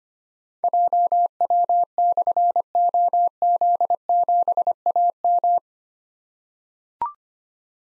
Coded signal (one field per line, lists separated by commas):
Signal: Morse code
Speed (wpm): 25 wpm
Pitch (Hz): 700 Hz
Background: none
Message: JW/OZ7AM